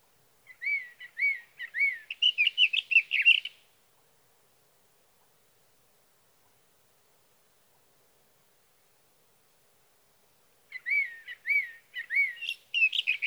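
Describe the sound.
Sage thrasher song in two bursts of fast warbled phrases separated by a long silent gap.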